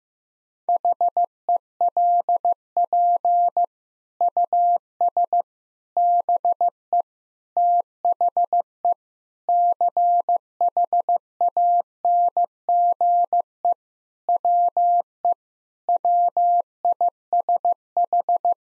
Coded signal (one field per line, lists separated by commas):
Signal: Morse code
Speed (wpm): 15 wpm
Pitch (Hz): 700 Hz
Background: none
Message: HELP US BE THE CHANGE WE WISH